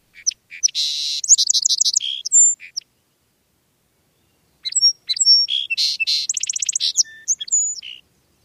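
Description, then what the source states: Song Sparrow giving two songs, each a burst of sharp notes and rapid trills. Males sing in spring from shrubs or small trees, staying long on one branch and breaking into song 4 to 6 times a minute.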